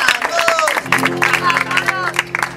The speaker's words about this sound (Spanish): Un aplauso, por favor, para el gran Julián Oroz.